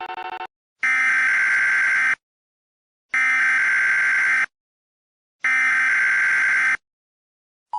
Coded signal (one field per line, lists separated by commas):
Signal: Emergency Alert System (SAME) tones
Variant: header bursts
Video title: EAS Scenario | The Lucid Index